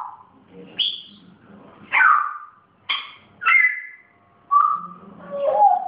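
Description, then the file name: Grey parrot making varied sounds: sharp upward squeaks, harsh downward squawks and a short level whistle, separated by brief pauses over the six seconds. Pet grey parrot; its first sounds. "moy zoro zhako popugay pervye zvuki"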